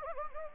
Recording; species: mosquito wingbeat signal from an infrared sensor; Anopheles gambiae